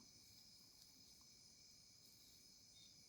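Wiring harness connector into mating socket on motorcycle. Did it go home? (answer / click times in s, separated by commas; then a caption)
no / none. An S4 wiring-harness connector is being lined up with its mating socket on an older 125 motorcycle, turned so the side with the A marking is in the right place before it is pressed in. Only a steady, high-pitched, cricket-like chirring is heard throughout, with no sudden sounds. Nothing has seated or clicked yet.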